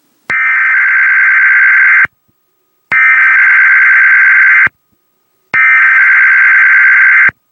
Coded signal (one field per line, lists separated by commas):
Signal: Emergency Alert System (SAME) tones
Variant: header bursts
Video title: EAS Recreation: Tsunami Warning from the Tohoku earthquake & tsunami (03/11/11) | Terra TV TWC